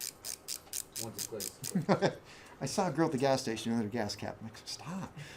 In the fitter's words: have to actually bring it up until it clicks now there's no need to do this